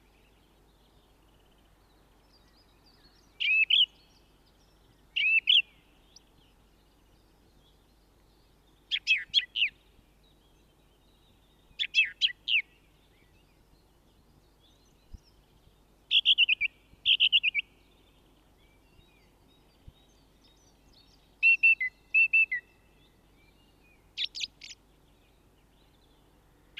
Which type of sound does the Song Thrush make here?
song